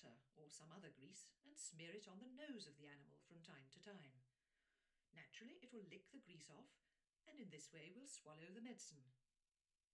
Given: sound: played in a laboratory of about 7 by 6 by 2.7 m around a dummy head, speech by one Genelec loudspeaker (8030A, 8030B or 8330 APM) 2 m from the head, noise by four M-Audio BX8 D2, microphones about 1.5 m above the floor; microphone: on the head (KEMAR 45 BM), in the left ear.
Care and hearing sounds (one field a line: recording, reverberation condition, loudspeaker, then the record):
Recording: female speech in English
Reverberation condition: low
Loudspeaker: in front (0 degrees)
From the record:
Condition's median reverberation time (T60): about 310 ms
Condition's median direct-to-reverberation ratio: about 3.5 dB